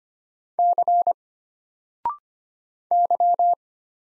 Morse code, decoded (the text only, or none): C Y